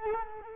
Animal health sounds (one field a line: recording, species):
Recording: mosquito wingbeat signal from an infrared sensor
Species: Culex quinquefasciatus